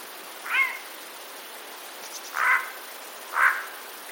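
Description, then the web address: Eurasian jay uttering three short, hoarse rasping calls spaced one to two seconds apart. Recorded 26 September 2021. "wroblowe ostrzegator sojka 26 09 2021"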